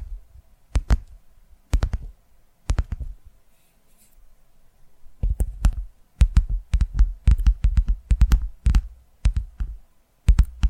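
ASMR tapping: sharp, crisp taps strike in short bursts, sparse at first around the first three seconds, then a pause near four seconds. From about five seconds the taps come faster and denser in quick clusters, with brief gaps, over a faint steady hum.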